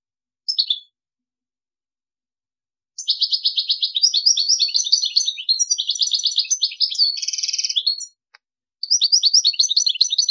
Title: Chant Chardonneret